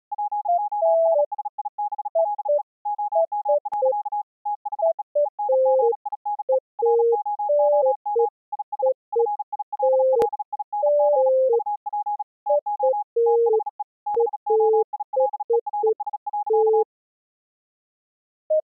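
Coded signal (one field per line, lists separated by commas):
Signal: Morse code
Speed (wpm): 36 wpm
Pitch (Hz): 830 Hz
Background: none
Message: POSSIBLE OM. THE ENGINE ROOM IS FILLING UP TO THE BOILERS.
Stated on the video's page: Song written in Morse as a tribute to the Titanic disaster; a recreation, not a real transmission.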